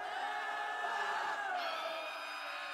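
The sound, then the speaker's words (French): A crowd of voices screams and wails in pain and terror in a cave after a flare is fired into it, in a dense, unbroken chorus of high, overlapping cries, loud and sustained throughout with no pauses. “Un concert de hurlements de douleur et de terreur s'éleva.”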